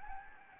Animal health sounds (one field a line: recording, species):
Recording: mosquito wingbeat signal from an infrared sensor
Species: Anopheles gambiae